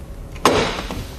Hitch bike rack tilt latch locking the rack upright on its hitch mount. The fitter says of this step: We'll lift it back up into its position until you hear a click.